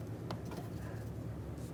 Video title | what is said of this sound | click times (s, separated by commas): How to Replace PCV Valve 2006-2012 Ford Fusion 3.0L V6 | listen for an audible click give it a wiggle and make sure it's completely secure | 0.3 s